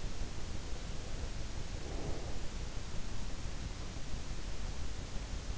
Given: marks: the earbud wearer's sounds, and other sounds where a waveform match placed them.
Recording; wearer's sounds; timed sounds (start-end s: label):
sounds in sleep by an in-ear microphone; breath
0.59-2.67 s: breath